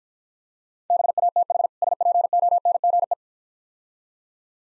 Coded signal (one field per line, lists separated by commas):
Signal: Morse code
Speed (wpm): 52 wpm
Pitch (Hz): 700 Hz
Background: none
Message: BATH SPONGE